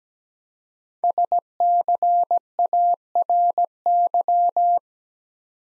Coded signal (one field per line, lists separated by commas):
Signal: Morse code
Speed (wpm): 17 wpm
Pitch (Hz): 700 Hz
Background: none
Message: SCARY